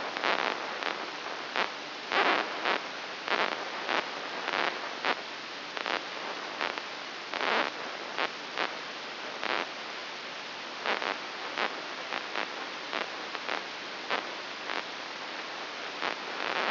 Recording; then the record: brain microelectrode recording played as sound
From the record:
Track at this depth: inside the subthalamic nucleus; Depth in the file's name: 3.202 mm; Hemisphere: right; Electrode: 3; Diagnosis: Parkinson's disease